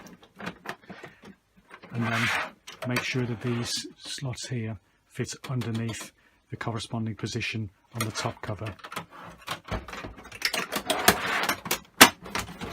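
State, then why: Seated. Someone talks while a replacement plastic faceplate is fitted back onto a games console, its slots lined up under the top cover. After some plastic tapping and fumbling, it is pressed and clicks into place properly at 12.0 seconds.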